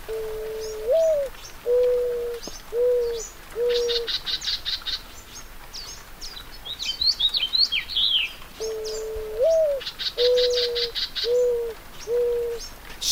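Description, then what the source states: Mourning Dove cooing: a soft rising coo followed by three steady hoots, the series given twice, with sharp chirps from other birds in between. Cooing in the Anza-Borrego Desert, southeast California, during a light April rain in spring.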